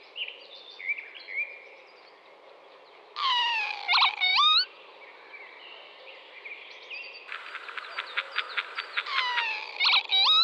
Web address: Vanellus vanellus. ns svatomartinska alej